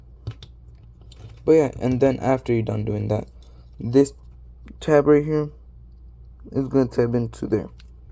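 Someone talks while handling a plastic Transformers Studio Series 86 Bonecrusher action figure during transformation, lining up a plastic tab with its matching slot. Faint handling ticks come from the figure in the first second. The tab has not yet gone into the slot, and nothing has seated or clicked by the end of the clip.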